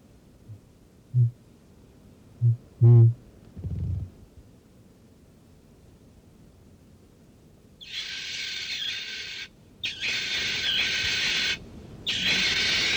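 Kakapo low booming: a few deep, resonant pulses in the first seconds, followed by long bursts of loud hissing, rasping noise.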